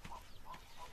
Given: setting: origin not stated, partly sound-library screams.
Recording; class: one-second piece from a danger detection set; normal situation